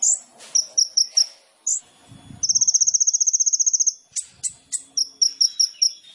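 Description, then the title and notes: Sunbird song with sharp high chips in quick groups, a steady rapid trill lasting about one and a half seconds, then more clipped high notes. Indonesian masteran training recording of a sunbird singing persistently (gacor), full of isian fill-in phrases and tembakan bursts, meant as pancingan to provoke other birds. "MASTERAN KOLIBRI NINJA FULL ISIAN DAN TEMBAKAN MEWAH COCOK BUAT PANCINGAN. Suara Burung Kolibri Ninja Gacor"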